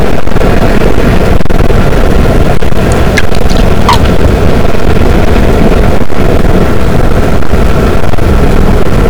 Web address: Physeter Macrocephalus boat SNR 24 d B cachalot positif